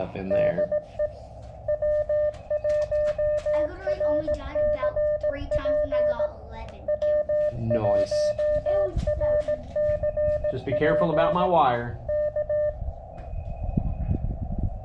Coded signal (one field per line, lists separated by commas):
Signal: Morse code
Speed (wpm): 18 wpm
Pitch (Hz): 590 Hz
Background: speech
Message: DE W1RCP W1RCP E K